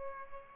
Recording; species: mosquito wingbeat signal from an infrared sensor; Aedes albopictus